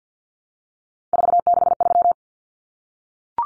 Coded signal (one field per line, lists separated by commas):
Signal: Morse code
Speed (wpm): 50 wpm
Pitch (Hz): 700 Hz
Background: none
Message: 463